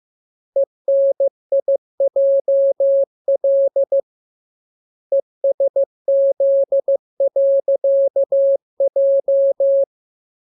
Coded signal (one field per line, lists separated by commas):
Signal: Morse code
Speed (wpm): 15 wpm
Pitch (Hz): 550 Hz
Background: none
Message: ENIJL ESZ.J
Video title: Learning Morse Code. Lesson 16. Letter KMURESNAPTLWI.JZ=